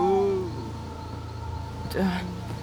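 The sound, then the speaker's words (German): A voice imitates an owl, a giant bird up in the branches of an old oak around midnight, giving a falling hoot at the start and a shorter, lower hoot about two seconds later, over a faint steady hum. “Er versucht uns was zu sagen, aber ich verstehe nichts. Das ist Uru-Sprache.”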